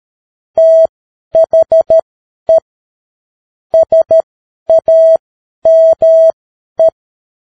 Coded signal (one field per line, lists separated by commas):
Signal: Morse code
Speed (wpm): 13 wpm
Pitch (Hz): 650 Hz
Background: none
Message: THE SAME